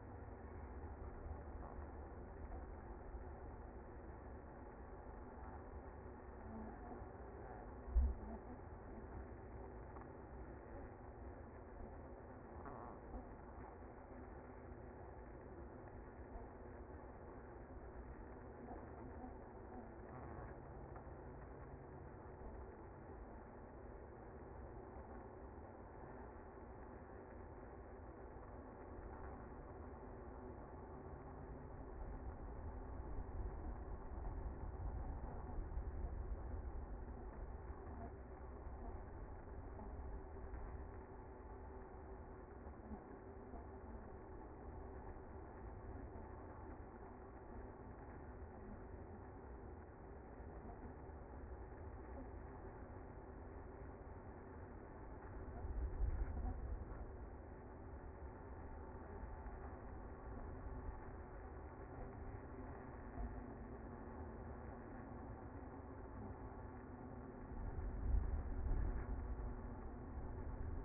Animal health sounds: honeybee colony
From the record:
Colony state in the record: active

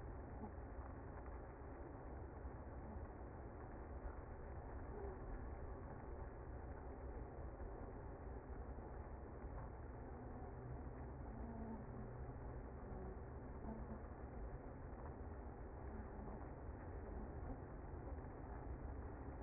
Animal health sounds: honeybee colony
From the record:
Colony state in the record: active

